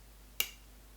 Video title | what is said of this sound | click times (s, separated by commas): WE APACHE MP5A2 GBB Rifle - Bringing It Home Ep. 18 | clicks into place and that enables us to dry fire the rifle so this is empty no | 0.4 s